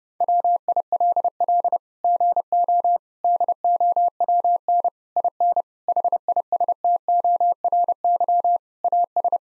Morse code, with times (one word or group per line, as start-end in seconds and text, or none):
0.2-1.8 WILL
2.0-3.0 GO
3.2-4.9 DOWN
5.2-5.6 IN
5.9-8.6 HISTORY
8.8-9.4 AS